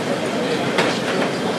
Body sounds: background sound without coughing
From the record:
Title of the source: Office Sounds Ambience - Background Noise for Study and Work

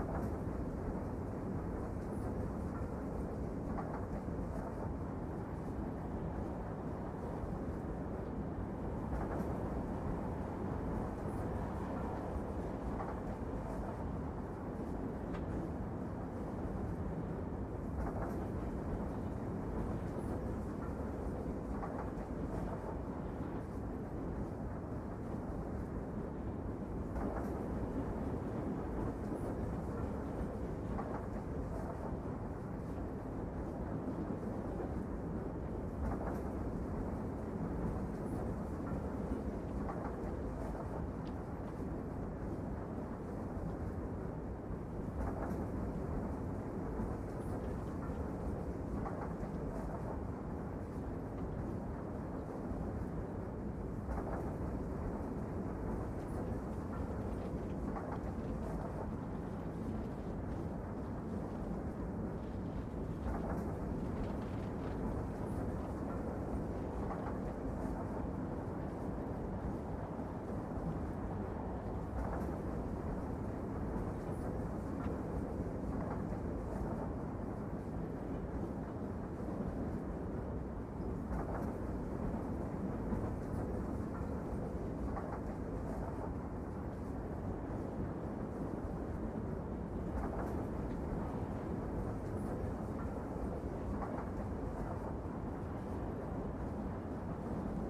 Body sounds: background sound without coughing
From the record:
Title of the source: Train Ride Ambience ambient white noise for sleeping, focus, studying, reading

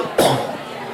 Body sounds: coughing mixed with background sound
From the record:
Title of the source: Coughing 77

